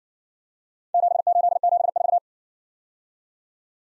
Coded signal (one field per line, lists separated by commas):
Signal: Morse code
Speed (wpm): 56 wpm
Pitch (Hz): 700 Hz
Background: none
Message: 7874